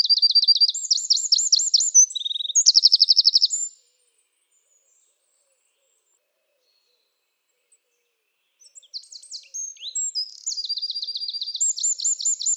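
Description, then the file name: Eurasian wren song: a loud, rapid burst of high trills and sharp repeated notes lasting about four seconds, then silence before another fast trilling outburst begins. "Troglodyte"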